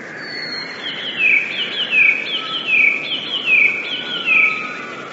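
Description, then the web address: Eurasian blue tit delivering a high introductory whistle then five bright down-slurred notes in an even, repeated rhythm, with soft continuous background hiss. "wroblowe teka 2 spiew 13. wroblowe teka modraszkoteka"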